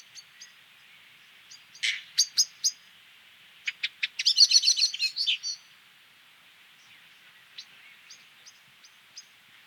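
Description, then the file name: Common blackbird calling with scattered faint ticks, then a few sharp chinks and a dense chattering burst midway, followed by sparse soft notes again. "Turdus merula"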